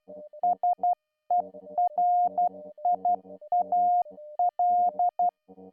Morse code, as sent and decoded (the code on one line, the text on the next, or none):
... . .-. .. .- .-..
SERIAL